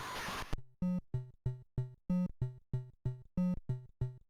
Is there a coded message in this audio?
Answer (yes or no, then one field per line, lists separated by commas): no